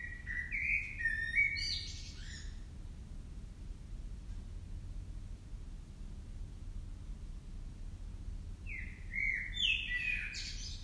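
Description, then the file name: Common blackbird singing two phrases about eight seconds apart, each a low fluty warble followed by a thin, squeaky twittering flourish, with quiet low hum between. "Turdus merula"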